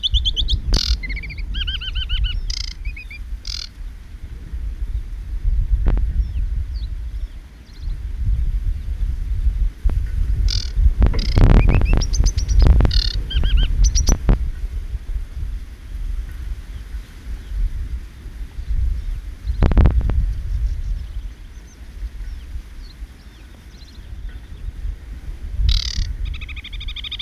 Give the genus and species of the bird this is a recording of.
Acrocephalus paludicola